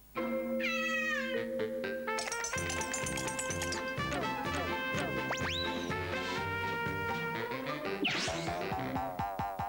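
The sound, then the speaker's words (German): A high, thin kitten meow rises and falls near the start, with another brief mew near the end, both set against loud, busy, rhythmic music that plays throughout. “Wahnsinnig aufgeweckt scheint ja das Kätzchen nicht zu sein.”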